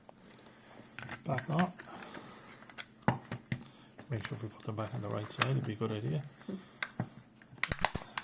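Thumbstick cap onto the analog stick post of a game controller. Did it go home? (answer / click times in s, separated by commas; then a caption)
yes / 7.6 s. A replacement plastic thumbstick cap is pushed back onto the analog stick post of an Xbox game controller while someone talks. Small plastic taps and handling clicks are heard, and the cap seats onto its post with a sharp click at 7.6 seconds.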